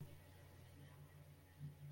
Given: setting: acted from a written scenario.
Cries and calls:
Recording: vocal sound without words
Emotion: realization

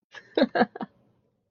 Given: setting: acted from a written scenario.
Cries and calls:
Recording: vocal sound without words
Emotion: elation

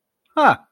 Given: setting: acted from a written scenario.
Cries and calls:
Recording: vocal sound without words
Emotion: positive surprise

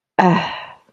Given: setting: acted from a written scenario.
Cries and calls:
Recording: vocal sound without words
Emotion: contempt

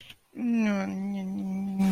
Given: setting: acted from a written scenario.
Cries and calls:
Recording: vocal sound without words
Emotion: embarrassment

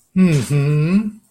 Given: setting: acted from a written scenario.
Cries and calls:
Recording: vocal sound without words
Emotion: pride

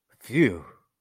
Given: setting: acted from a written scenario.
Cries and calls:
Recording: vocal sound without words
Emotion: relief

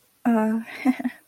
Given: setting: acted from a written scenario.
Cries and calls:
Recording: vocal sound without words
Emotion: embarrassment

